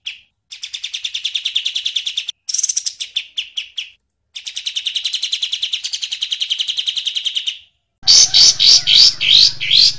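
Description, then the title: Bird song of long fast rattling trills with short breaks, ending in loud sharp repeated notes over a low hum. "Masteran Burung"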